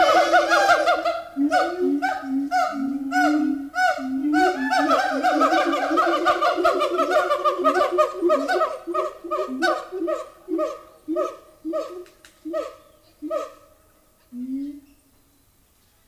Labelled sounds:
Siamang

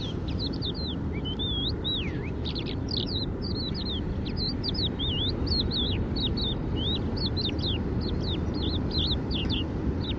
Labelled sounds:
Crested Lark song

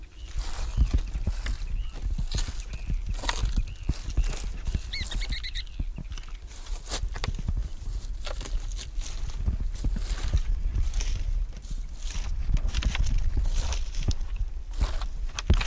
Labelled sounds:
Ruddy Turnstone call

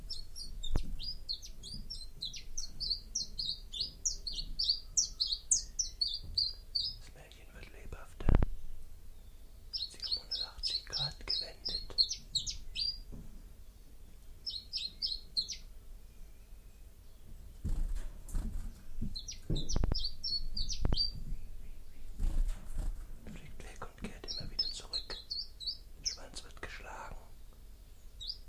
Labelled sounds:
Common Chiffchaff

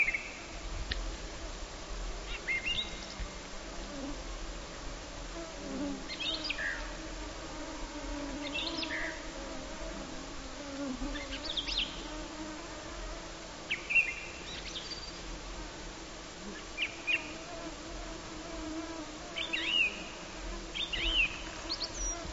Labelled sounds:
Song Thrush song

